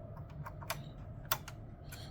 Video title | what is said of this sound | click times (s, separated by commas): Get the most out of your Longarm Hans Martini, Know How Sewing | That clicks in. | 1.3 s